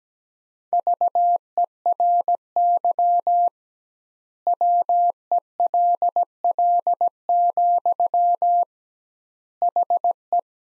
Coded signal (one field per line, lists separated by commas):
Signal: Morse code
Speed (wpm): 17 wpm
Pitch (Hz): 700 Hz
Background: none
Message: VERY WELL, HE